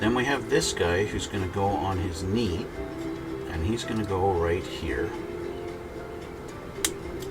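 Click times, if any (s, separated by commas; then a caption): 6.8 s. Someone talks over background music while a plastic knee armor piece is pressed into place on the leg of a Gundam MK-II A.E.U.G. RX-178 model robot kit. A short, sharp snap at 6.9 s marks the piece seating firmly in place.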